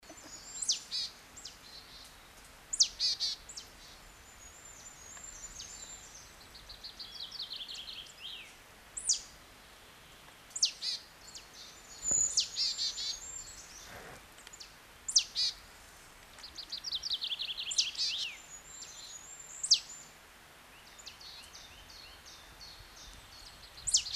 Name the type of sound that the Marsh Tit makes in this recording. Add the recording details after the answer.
song. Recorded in the wild. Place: Oberstdorf, Bayern, DE. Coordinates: 47.41, 10.2792. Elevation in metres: 809. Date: 1979-04-13. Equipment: Uher 4000 Report. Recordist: Tretzel, Erwin